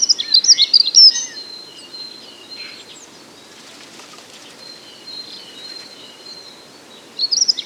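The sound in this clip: Dunnock song, a rapid jumbled high warble in the opening second and a short phrase at the end, with thin drawn-out whistles between.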